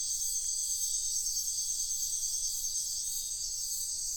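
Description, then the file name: Many crickets trilling together, a high, unbroken shimmering wall of sound with a slight regular pulse, nothing else standing out. Crickets calling at night in a wetland in Sian Ka'an Biosphere Reserve. "felix blume nature ambience wetland night frogs crickets insects sian kaan biosphere reserve"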